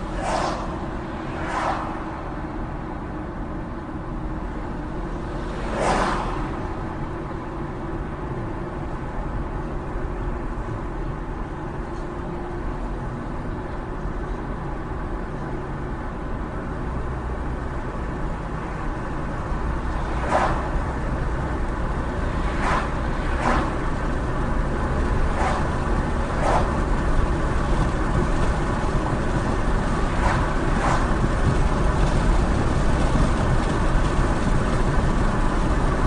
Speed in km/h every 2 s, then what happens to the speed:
39, 35, 37, 40, 40, 40, 42, 45, 45, 47, 56, 61, 66, 71, 72, 72, 76, 76.
4-36 speeds up to 76.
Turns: none.